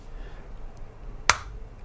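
A circuit breaker is pushed into place in an electrical panel, giving one sharp snap at 1.3 s over a quiet low background. The breaker is seated.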